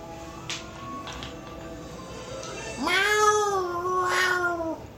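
A cat lets out a long, drawn-out meow that rises sharply, then wavers and dips for nearly two seconds, after fainter, softer mewing earlier on.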